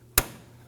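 The plastic locking tab on a hose quick-connect fitting is pushed on while replacing the vapor canister vent solenoid on a 2008-2011 Ford Focus 2.0L L4. A single sharp, bright snap sounds at 0.2 s, decays quickly and leaves near silence. The lock snaps closed and the fitting is seated.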